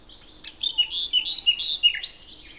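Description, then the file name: Common nightingale song: a sequence of rich, varied whistled notes rising and falling in quick succession over a couple of seconds. "Luscinia megarhynchos"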